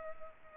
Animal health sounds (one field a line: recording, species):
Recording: mosquito wingbeat signal from an infrared sensor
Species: Culex pipiens